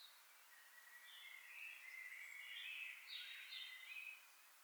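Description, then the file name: Common blackbird song: a faint, rambling warble of fluty and twittering notes building to a louder middle section, with steady hiss behind. "Turdus merula"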